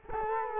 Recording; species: mosquito wingbeat signal from an infrared sensor; Culex quinquefasciatus